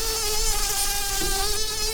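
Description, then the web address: Bumblebee buzzing: a steady, continuous drone with a fixed tone and many overtones, unbroken for two seconds. Queens. "bumblebees Humilis-queens"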